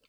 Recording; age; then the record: pig call; piglet (1 to 25 days)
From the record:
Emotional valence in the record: positive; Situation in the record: reunion after long isolation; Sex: male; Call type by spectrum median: high-frequency call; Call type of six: low-frequency tonal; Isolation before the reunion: 8 minutes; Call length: 0.09 s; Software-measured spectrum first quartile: 1458 Hz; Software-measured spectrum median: 2903 Hz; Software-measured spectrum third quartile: 5177 Hz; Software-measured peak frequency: 488 Hz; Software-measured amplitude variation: 106 dB a second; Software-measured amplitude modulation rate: 5.5 a second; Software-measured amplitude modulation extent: 19.3 dB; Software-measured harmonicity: 1.3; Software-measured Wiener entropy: -1.32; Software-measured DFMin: 780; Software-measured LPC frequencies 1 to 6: 482, 1385, 2432, 2956, 3688, 4510 Hz